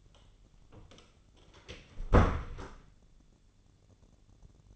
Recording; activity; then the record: daily activity, microphone in the room; close door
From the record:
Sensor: 4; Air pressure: 1010.1 hPa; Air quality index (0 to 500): 193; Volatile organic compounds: 3 ppm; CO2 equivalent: 1388 ppm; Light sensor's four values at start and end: 31/77/31/33 and 34/83/34/36